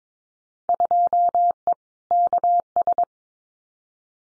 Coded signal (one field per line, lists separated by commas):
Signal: Morse code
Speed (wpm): 22 wpm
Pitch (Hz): 700 Hz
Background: none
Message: 2E KS